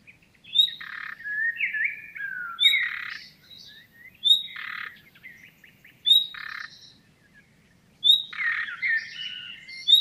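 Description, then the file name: Common nightingale giving clear whistles repeatedly, each followed by dry buzzy croaking notes, with a few slurred notes between. "Luscinia megarhynchos"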